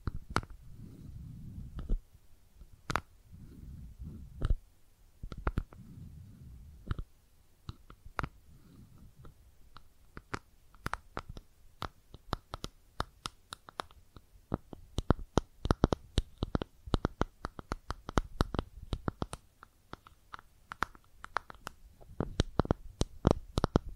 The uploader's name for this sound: Makeup Tapping & Scratching Sounds